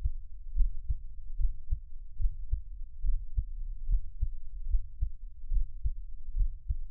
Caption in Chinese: 台灣ASMR | 獻上我的心跳 | Give my Heartbeat | NO Talking。